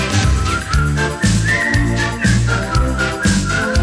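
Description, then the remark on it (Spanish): A person whistles a bright, wavering melody over a loud, steady musical backing with a pulsing bass beat, the tune rising and falling in short phrases. “Si sabes silbar, tú silbarás conmigo.”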